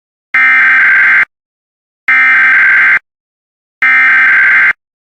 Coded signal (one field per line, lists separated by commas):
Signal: Emergency Alert System (SAME) tones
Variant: header bursts